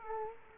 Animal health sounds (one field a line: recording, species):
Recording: mosquito wingbeat signal from an infrared sensor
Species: Culex quinquefasciatus